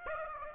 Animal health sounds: mosquito wingbeat signal from an infrared sensor; Aedes aegypti

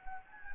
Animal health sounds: mosquito wingbeat signal from an infrared sensor; Anopheles gambiae

